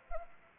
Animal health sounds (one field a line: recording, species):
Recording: mosquito wingbeat signal from an infrared sensor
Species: Anopheles arabiensis